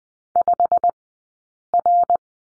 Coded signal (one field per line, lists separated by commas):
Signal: Morse code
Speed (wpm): 20 wpm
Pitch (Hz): 700 Hz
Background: none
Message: 5R